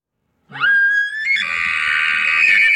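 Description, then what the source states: Elk bugle: a low grunt rising into a sustained, piercing high whistle that breaks into a harsh, rough scream. Male; bugle, scream and laugh.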